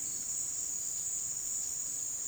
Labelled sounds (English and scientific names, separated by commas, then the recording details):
none
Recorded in dense forest near Puerto Asís, Putumayo, Colombia, on 19 February 2024 at 17:30
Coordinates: 0.466, -76.327
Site G6413